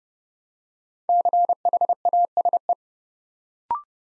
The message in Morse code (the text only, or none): CHASE